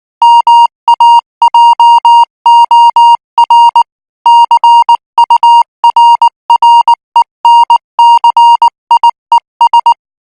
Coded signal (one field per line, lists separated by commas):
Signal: Morse code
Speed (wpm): 19 wpm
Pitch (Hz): 940 Hz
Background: music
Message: MAJOR CURRENCIES